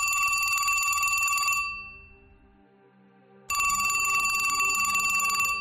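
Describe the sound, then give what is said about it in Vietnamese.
A telephone on a bedside cabinet rings loudly late at night, past midnight, with a bright, metallic bell trill that rattles on, fades into a brief lull, then bursts back at full volume. No one speaks. “Trời đã vào khuya, quá 12 giờ đêm, ông Đăng đang ngủ say, thì điện thoại trên tủ đầu giường lại cứ reo inh ỏi.”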